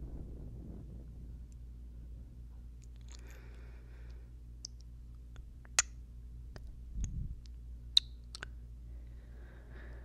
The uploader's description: Kissing, whispering, breathing and mouth sounds